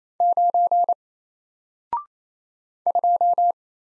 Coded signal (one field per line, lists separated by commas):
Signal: Morse code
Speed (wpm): 27 wpm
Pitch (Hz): 700 Hz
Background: none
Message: 9 2